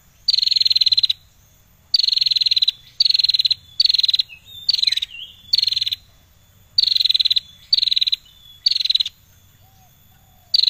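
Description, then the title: Prinia giving rapid, buzzy pulsed phrases high in pitch, some longer, about ten bursts spaced about a second apart, with a brief chattering variation midway and a steady faint tone. Bar-winged prinia singing persistently (gacor); recording intended as tutor song for training songbirds. "Prenjak Lancur Gacor Untuk Masteran"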